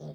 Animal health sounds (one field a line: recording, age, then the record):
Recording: pig call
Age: piglet (1 to 25 days)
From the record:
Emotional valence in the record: negative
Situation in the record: long isolation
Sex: male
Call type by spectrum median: low-frequency call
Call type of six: low-frequency stable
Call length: 0.15 s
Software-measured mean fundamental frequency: 51 Hz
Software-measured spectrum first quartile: 156 Hz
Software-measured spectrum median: 265 Hz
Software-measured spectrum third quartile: 559 Hz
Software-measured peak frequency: 225 Hz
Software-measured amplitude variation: 72 dB a second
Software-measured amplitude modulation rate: 10.0 a second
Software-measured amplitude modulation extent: 7.1 dB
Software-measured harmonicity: 1.4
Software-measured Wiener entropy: -0.15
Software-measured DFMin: 1260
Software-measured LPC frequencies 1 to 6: 560, 3399, 3896, 4649, 5659, 5979 Hz